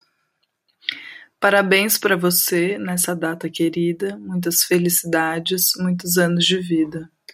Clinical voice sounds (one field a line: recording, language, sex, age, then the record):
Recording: short text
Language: Brazilian Portuguese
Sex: female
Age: 30 to 39 years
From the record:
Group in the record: control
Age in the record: 32 years